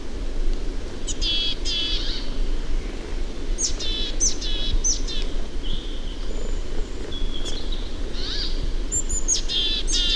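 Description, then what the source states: Willow tit giving scattered harsh call notes with brief high chirps, over continuous low background noise. Warning-sounding 'chääpi' call.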